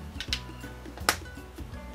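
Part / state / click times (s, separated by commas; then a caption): plastic cap onto lip crayon / seated / 0.3 s, 1.1 s. A plastic cap is pushed back onto a Barry M Matte Me Up! lip crayon, giving sharp clicks at 0.3 s and 1.1 s. The cap seats firmly, and the lid stays in place.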